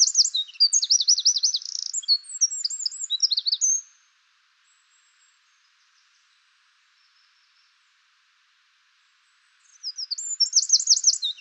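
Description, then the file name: Eurasian wren song, high and rapid with rolling trills, lasting about four seconds, followed by a long silence before a second song bursts in near the end. "Troglodytes troglodytes"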